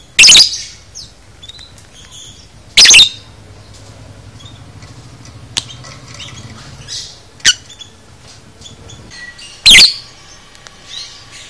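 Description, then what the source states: Lovebird chirps: a few loud shrill squeaks spread throughout with quiet high chatter and brief ticks between them. Lovebird 'paud' masteran song, meant for training caged birds.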